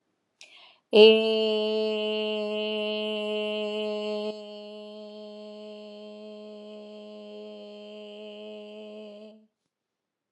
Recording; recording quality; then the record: sustained vowel as in made; excellent, no background noise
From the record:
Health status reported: healthy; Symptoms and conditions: none ticked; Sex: female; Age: 45 years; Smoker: not ticked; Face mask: not worn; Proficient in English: yes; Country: India